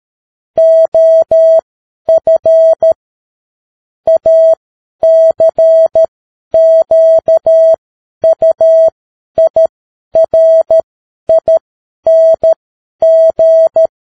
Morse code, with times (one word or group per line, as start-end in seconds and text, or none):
0.6-2.9 OF
4.1-13.9 ACQUIRING